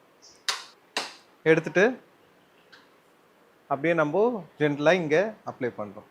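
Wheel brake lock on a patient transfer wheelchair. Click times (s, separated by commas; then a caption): 0.5 s, 1.0 s. The wheel brake lock on a patient transfer wheelchair is released, producing two sharp clicks at 0.5 s and 1.0 s. Afterward, someone talks.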